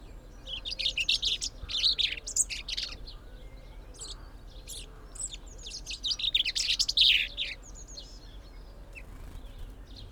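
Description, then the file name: Common chaffinch song: two dense, rattling trilled phrases, one early and one after the middle, with scattered chirps between. "Fringilla coelebs"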